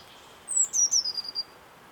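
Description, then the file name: Eurasian blue tit delivering a single short phrase: a thin high note, then a quick series of slightly lower, evenly spaced trilled notes. "Cyanistes caeruleus"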